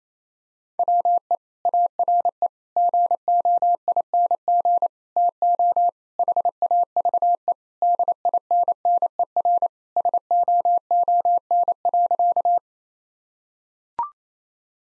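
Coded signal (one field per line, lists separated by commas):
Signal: Morse code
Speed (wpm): 28 wpm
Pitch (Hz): 700 Hz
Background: none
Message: WE ARE GOING TO HAVE DINNER SOON.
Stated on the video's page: Morse practice of sentences with common three-word phrases at 28 wpm, each sentence sent, spoken, then sent again.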